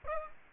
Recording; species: mosquito wingbeat signal from an infrared sensor; Aedes aegypti